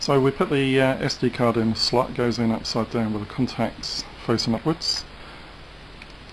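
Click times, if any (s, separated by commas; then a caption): 6.0 s. Someone talks while a full-size SD memory card is pushed, upside down with its contacts facing up, into the card slot of a pink 7-inch mini netbook. After the talking stops, a quiet steady hiss remains, and a short, sharp tick at 6.0 s marks the spring latch catching as the card clicks into place, seated.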